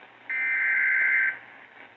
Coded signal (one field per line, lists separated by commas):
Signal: Emergency Alert System (SAME) tones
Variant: header bursts